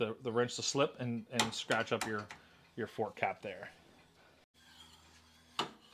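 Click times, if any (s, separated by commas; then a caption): 5.6 s. A wrench loosens the threaded top cap on a motorcycle air fork tube while someone talks. After a quiet pause, a sharp click at 5.6 seconds shows the fork cap threads have broken loose, followed by a second short click.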